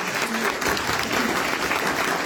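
A crowd applauds steadily for an indigenous teacher being handed the microphone, a dense wash of many hands clapping at an even, sustained loudness for a couple of seconds with no break.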